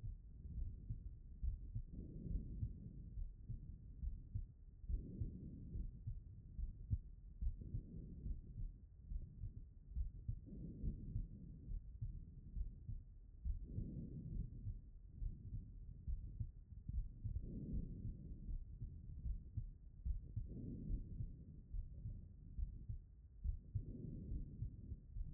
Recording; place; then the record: heart sounds by stethoscope; pulmonary valve (PV)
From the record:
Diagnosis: non-HFrEF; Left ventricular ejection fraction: 51%